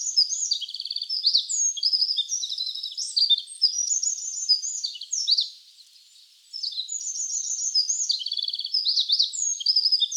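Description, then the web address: Wren singing a long, loud, high-pitched torrent of fast trills and bright notes, breaking off for about a second midway before starting a second burst. Wild wren trilling in Hokkaido. "Google Sounds Sound Matters. Wren trills in wild hokkaido"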